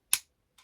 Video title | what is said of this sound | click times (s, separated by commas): D-3 DIGIVICE 25TH COLOR EVOLUTION! - Unboxing / Start-up / First Impression #Digimon | it clicks into place as well. So that's not going to come loose unless you unclick it. | 0.1 s